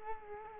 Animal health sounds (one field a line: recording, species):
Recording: mosquito wingbeat signal from an infrared sensor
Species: Culex quinquefasciatus